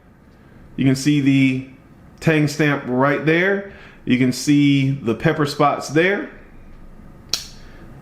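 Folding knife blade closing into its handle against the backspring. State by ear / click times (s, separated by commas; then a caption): seated / 7.3 s. Someone talks while a Northfield Unexcelled slipjoint pocketknife with a long pull clip point blade is closed. At 7.3 s the backspring snaps the blade shut into its bone-handled frame with one sharp, loud snap.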